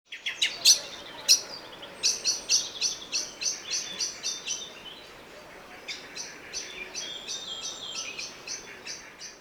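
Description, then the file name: Common blackbird calls: a fast series of sharp, high chipping notes, growing softer toward the end, over faint background noise. "Turdus merula"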